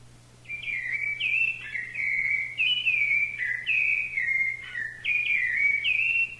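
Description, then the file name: Thrush song, a continuous run of fluting whistled phrases that rise and drop in turn with brief breaks, over a faint steady low hum. "SABIA"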